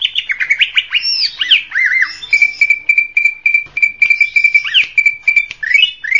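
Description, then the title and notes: Leafbird song opening with swooping whistles, then a thin rapid ticking note repeated steadily, ending with rising slurs. Local name cucak ijo; described as a champion songbird. "Kicau Burung Cucak Ijo Juara. Suara kicauan burung cucak ijo"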